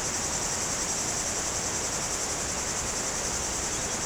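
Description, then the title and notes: High, steady cicada buzz without pause, partly masked by the broad, constant rush of river water. Cicadas very active in trees near the Jourdan river, on the slopes of the Grand Colombier above Culoz, France, on a hot day; river audible. "Chem. de Romagnieux, 01350 Culoz, France - Rivière et cigales. Sur les pentes du Grand Colombier au dessus de Culoz , par cette chaude journée les cigales sont très actives dans les arbres près du Jourdan"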